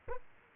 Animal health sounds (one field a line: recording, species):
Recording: mosquito wingbeat signal from an infrared sensor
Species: Aedes aegypti